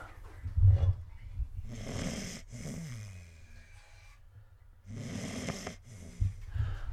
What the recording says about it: You can probably hear the dog snoring here. I'm going to move the microphone by her.